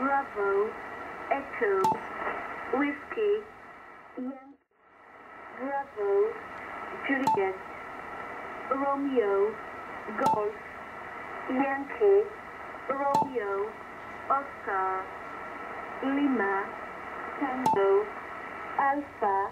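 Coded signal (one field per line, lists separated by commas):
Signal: numbers station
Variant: E10, phonetic alphabet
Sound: a voice reading phonetic alphabet letters in evenly spaced words, with regular clicks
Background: radio static, clicks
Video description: Spy Numbers Station E10 transmits the same message at the same moment, on two various frequencies.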